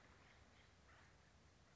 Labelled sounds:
Acorn Woodpecker (Melanerpes formicivorus)
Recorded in Sonoma County, California

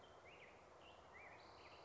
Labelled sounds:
Black-headed Grosbeak (Pheucticus melanocephalus)
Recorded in Sonoma County, California

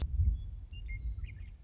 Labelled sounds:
Western Meadowlark (Sturnella neglecta)
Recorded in Sonoma County, California

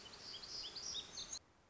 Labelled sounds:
Black-throated Gray Warbler (Setophaga nigrescens)
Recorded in Sonoma County, California

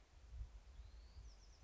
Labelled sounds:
Bewick's Wren (Thryomanes bewickii)
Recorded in Sonoma County, California

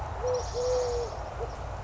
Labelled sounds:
Eurasian Collared Dove (Streptopelia decaocto)
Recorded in Sonoma County, California

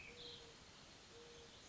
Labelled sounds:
Mourning Dove (Zenaida macroura)
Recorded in Sonoma County, California

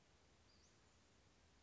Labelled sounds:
Western Flycatcher (Empidonax difficilis)
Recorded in Sonoma County, California

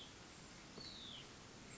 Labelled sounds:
Hutton's Vireo (Vireo huttoni)
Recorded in Sonoma County, California

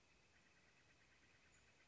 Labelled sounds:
Northern Flicker (Colaptes auratus)
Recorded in Sonoma County, California

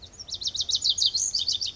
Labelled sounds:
Lazuli Bunting (Passerina amoena)
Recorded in Sonoma County, California

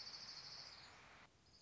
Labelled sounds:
Orange-crowned Warbler (Leiothlypis celata)
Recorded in Sonoma County, California

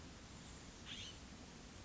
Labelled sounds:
California Scrub-Jay (Aphelocoma californica)
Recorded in Sonoma County, California

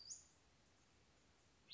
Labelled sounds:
Western Flycatcher (Empidonax difficilis)
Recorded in Sonoma County, California

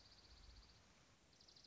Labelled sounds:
Dark-eyed Junco (Junco hyemalis)
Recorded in Sonoma County, California

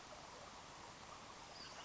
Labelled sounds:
Western Flycatcher (Empidonax difficilis)
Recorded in Sonoma County, California

